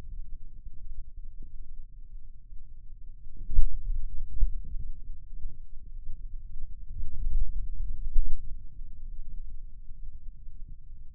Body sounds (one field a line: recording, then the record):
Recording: forearm muscle sounds (acoustic myography)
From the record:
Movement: pen grasping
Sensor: system 2, bracelet of six BSWA MPA416 microphones around the upper forearm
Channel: 1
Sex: male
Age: 22 years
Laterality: right